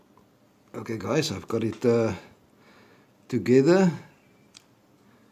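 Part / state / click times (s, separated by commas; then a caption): ratchet direction selector/pawl into ratchet head / not seated / none. A reassembled, restored vintage steel socket ratchet is handled, with its direction selector and pawl in the ratchet head, while someone talks. A faint sharp tick comes near the end, but nothing has seated or clicked into its lock yet.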